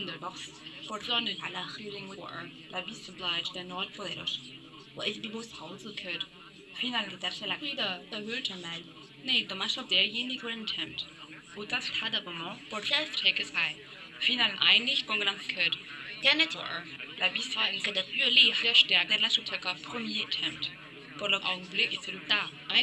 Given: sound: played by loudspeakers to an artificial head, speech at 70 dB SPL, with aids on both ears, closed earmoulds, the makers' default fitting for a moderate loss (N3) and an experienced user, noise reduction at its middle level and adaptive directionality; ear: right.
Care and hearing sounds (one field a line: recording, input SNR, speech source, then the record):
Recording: speech test signal (ISTS) in cocktail-party noise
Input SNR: +6 dB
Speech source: on the right (90 degrees)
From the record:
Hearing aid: class 1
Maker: C